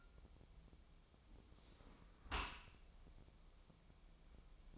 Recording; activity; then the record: daily activity, microphone in the room; close dishwasher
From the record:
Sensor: 1